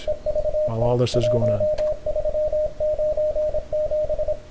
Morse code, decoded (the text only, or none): EVT 1397